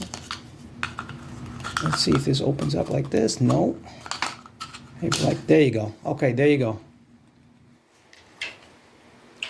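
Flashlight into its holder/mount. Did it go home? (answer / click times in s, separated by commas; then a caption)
yes / 9.4 s. A PowerTac Warrior-R 1050-lumen USB rechargeable flashlight is pushed into its holder or mount after several tries, with light handling clicks and taps while someone talks. After a quiet stretch, a sharp click at 9.4 s marks the flashlight locking into place in the holder.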